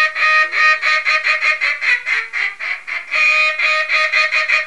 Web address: Duck -Mallard